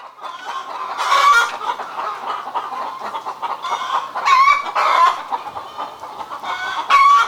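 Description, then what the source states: Chickens squawking in loud harsh bursts separated by brief quieter clucking, several birds calling over one another. Several chickens, described as hysterical.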